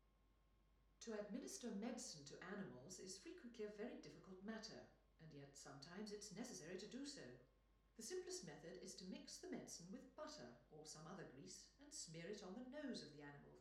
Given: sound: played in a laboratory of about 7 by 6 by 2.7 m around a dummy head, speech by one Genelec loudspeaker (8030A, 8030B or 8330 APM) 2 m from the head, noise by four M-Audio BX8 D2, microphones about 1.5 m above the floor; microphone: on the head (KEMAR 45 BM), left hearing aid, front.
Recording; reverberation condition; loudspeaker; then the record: female speech in English; medium; in front (0 degrees)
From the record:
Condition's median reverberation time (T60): about 510 ms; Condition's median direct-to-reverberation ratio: about -0.5 dB